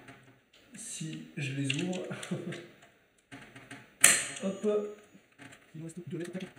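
A stock CPU cooler is set over the motherboard mounting holes and its plastic push pins are pressed down until they clip in. Someone talks, then a sharp click is heard at 4.0 s as a push pin seats in its hole. More talk follows.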